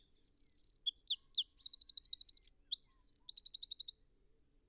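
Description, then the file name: Eurasian wren song, loud and hurried, with a buzzy note, twisting high whistles and two rapid machine-gun trills over about four seconds. "Troglodytes troglodytes"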